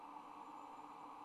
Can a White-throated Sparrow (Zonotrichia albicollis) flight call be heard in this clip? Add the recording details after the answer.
no. No flight call is heard. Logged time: 03:44 on 26 November 2014